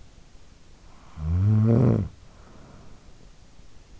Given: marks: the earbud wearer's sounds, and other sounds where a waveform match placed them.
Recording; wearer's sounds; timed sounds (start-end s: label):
sounds in sleep by an in-ear microphone; snoring breath
0.55-3.21 s: snoring breath